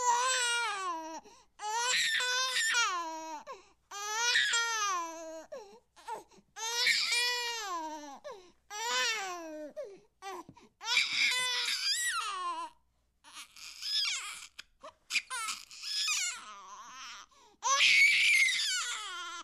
Newborn Baby Crying.